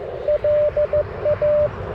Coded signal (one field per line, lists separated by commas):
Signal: Morse code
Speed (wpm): 21 wpm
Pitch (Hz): 590 Hz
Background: radio noise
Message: LA